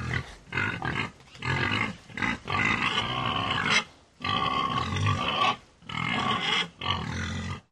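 Pig calls: harsh, rasping, noisy bursts, each lasting up to about one and a half seconds, repeated with short gaps between them.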